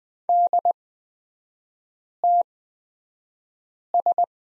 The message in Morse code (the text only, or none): DTS